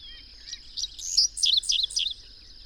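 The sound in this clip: Bird song of quick, high twittering notes in a short run, over a constant high-pitched hiss.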